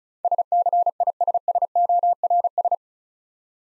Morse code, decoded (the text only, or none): SCISSORS